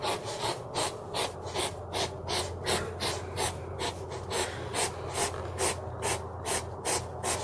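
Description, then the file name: Hedgehog puffing: rapid, breathy huffs repeated about two or three times a second in a steady rhythm, with a faint low hum underneath. "zvuki prirody - ezhik pyhtit"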